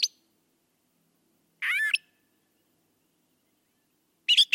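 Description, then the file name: Brown thrasher song: a single phrase midway, with brief fragments at the start and end and long silences between. "suara kicauan brown thrasher. omkicau"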